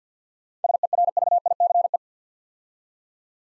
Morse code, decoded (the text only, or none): SERVICE